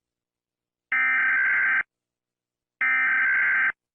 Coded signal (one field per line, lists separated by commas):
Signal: Emergency Alert System (SAME) tones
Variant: header bursts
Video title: NHL. Hockey Riots EAS scenerio. ( READ DESC.)